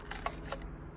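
A plastic interior panel on a 2015+ S550 Mustang is lined up with its tabs and pushed down progressively into the console clips. Three short, sharp handling knocks are heard at about 0.1, 0.3 and 0.5 s over a low background hum. Nothing has seated or clicked yet.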